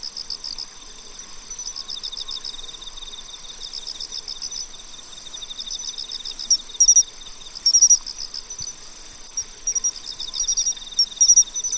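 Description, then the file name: Pine cricket song: bright short chirps in repeated bursts over a steady pulsing trill, with recurring very high buzzy insect bursts. "Matsumushi"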